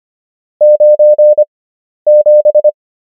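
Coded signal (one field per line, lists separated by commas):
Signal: Morse code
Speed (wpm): 25 wpm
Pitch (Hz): 600 Hz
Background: none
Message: 97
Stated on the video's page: Morse number practice at 25 wpm character speed with 11 wpm Farnsworth word speed, English.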